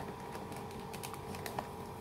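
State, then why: Not seated. An AK-style magazine is worked into the receiver of an AKM 47 WGB gel blaster rifle, a fit that is harder to insert than on an M4. Steady scraping and rattling handling noise runs throughout, with two short sharp taps at 1.6 s and 2.1 s. The magazine has not seated or clicked home yet.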